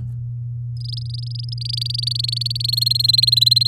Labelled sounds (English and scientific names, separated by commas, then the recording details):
Domestic Canary (Serinus canaria) song
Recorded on 7 May 2018 at 11:26
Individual llb16